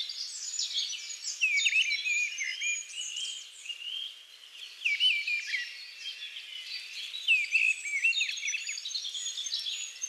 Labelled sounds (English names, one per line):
Mistle Thrush song